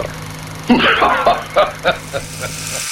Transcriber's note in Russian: смеётся